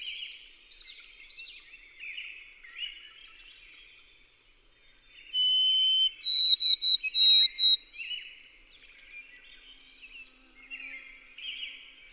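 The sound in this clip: White-throated sparrow: sweet whistled song, a sustained tone then several brief higher notes in a row, over background chirping.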